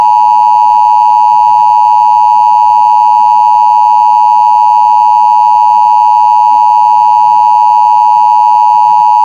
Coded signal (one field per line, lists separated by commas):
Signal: Emergency Alert System (SAME) tones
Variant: 853 and 960 Hz attention tone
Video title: [Made with KineMaster 5] EAS Mock: Clarksville Tornado